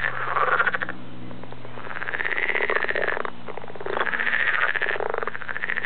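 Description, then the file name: Edible frog giving long pulsed croaks, rasping and rattling, in three main bouts separated by short pauses. "kecskebéka"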